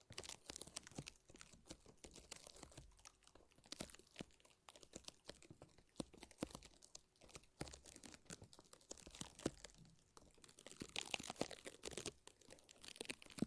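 A lint roller and tape make sticky, crackling peeling sounds in dense bursts throughout. Quick crisp snaps and crinkles pile on one another with little pause, bright and rasping, swelling and easing in short waves with a few louder tearing rips near the end.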